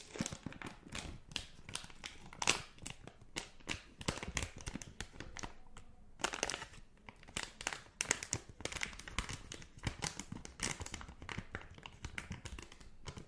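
Dense crinkling of a wrapper being unwrapped, with rapid irregular crackles and taps and a brief pause near six seconds.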